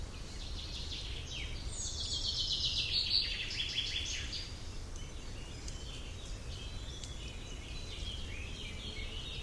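Bird song: a loud descending series of rapid high chirps early, then scattered fainter notes over low steady noise.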